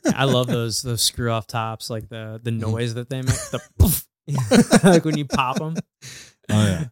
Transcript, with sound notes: I love those screw-off tops, like the noise that they make. (laughing) Like when you pop 'em. Oh, yeah.